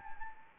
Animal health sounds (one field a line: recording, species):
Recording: mosquito wingbeat signal from an infrared sensor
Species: Anopheles arabiensis